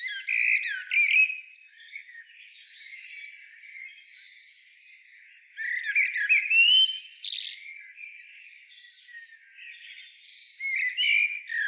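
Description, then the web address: Common blackbird song: bursts of sharp, chattering notes and squeaky slurred phrases, with quieter lulls between the loud clusters. "SETE Turdus merula"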